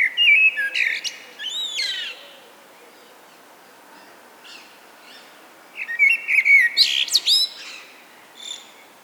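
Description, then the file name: Common blackbird song: a fluted warble that breaks into a high squeaky twitter, two phrases separated by a pause. "Turdus merula"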